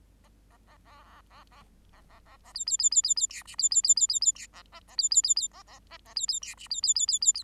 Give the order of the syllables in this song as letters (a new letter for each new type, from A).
A A A A A A A A A A A B B B B B B C D B B B B B B C A A A B B B B A A A A B B C D B B B B B B